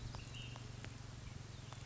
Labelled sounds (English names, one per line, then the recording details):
Ash-throated Flycatcher
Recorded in Sonoma County, California